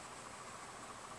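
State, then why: Not seated. A threaded hilt section is turned counterclockwise over flattened wiring as it goes onto the chassis of a Storm Trooper lightsaber fitted with a Petit Crouton 3.5 board. Only a steady, even broadband hiss is heard throughout. The part is being handled and nothing has seated or clicked yet.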